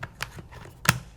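A plastic ear piece on the other side of a V-Force Profiler paintball mask is dropped into its slot in the mask frame and slid forward under the lens. Two lighter ticks come at 0.0 and 0.2 seconds, then one strong, sharp click at 0.9 seconds as the ear piece locks into place.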